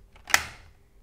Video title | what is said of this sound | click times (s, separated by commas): Dyson V8 Vacuum Brushroll Replacement...Easy Agitator Change! | Then slot the motorhead back onto the wand until you hear it click into place. | 0.3 s